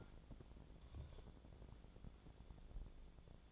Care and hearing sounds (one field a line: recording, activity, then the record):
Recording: daily activity, microphone in the room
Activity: take from stove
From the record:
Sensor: 5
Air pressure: 1000.1 hPa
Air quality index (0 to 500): 97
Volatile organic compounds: 1 ppm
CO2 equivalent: 792 ppm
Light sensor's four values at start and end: 358/833/365/411 and 359/838/366/412